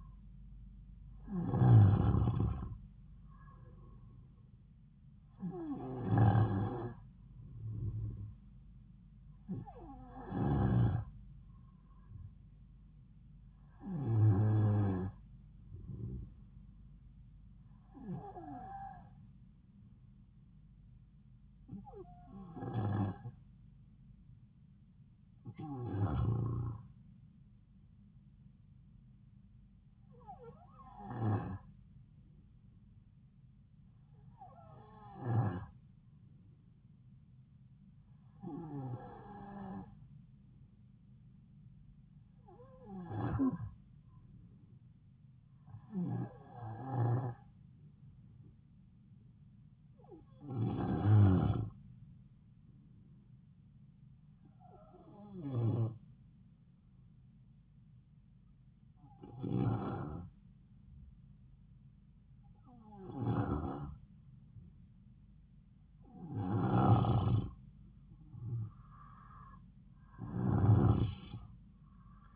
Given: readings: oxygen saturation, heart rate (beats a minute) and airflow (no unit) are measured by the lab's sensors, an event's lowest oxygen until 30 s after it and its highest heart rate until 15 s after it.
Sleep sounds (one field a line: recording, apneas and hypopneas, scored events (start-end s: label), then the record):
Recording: breathing in sleep by a smartphone at the bedside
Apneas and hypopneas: 1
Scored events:
32.00-58.80 s: hypopnea (N2, oxygen 94% highest, then 91% lowest)
From the record:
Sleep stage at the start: N2 (light sleep)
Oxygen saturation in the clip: 92 to 94%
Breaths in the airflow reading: 18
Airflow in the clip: -3.4 to 6.9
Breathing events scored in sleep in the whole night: 270 in 6.1 hours asleep